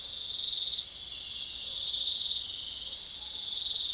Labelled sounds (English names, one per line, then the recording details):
none
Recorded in pastures near Puerto Asís, Putumayo, Colombia, on 22 June 2025 at 00:00
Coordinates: 0.502, -76.324
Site G010